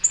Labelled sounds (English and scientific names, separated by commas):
Black-throated Green Warbler (Setophaga virens) flight call